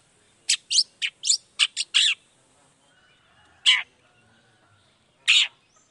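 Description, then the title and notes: Long-tailed shrike giving a quick series of rasping, scratchy notes, then two isolated harsh notes after pauses. Long-tailed shrike's lively morning song with 'toet toet' variation, played to provoke other shrikes into responding quickly. "Cendet Gacor Dor Di Kala Pagi Toet Toet Variasi Suara. Cendet Gacor Langsung Nyaut Emosi Hanya dengan Sekali Putar Bikin Cendet Lainya Cepat Respon Bunyi. Burung cendet"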